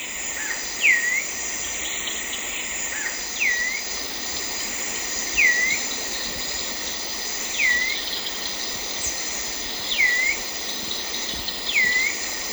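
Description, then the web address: Stripe-chested Antwren calling: a short hooked whistle repeated several times against a loud, steady high-pitched insect drone. Recorded in Ecuador. "Birds of Ecuador. Stripe-chested Antwren"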